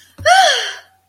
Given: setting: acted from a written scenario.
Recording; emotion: vocal sound without words; ecstasy